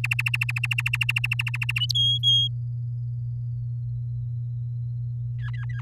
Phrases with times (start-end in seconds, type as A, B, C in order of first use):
0.04-1.79 A, 1.95-2.48 B, 5.38-5.81 C